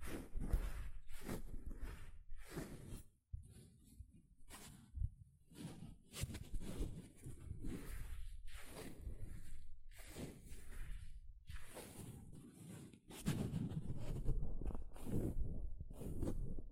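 Sponge sounds: repeated scratching, squishing and brushing strokes, each a rough, crackly burst with a low thump under it. Strokes come irregularly, roughly one or two per second, with short pauses around three and twelve seconds and denser, louder rubbing near the end.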